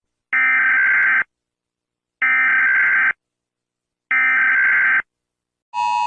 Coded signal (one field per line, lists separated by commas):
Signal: Emergency Alert System (SAME) tones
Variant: header bursts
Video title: EAS alarm for nuclear bomb